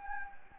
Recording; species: mosquito wingbeat signal from an infrared sensor; Anopheles gambiae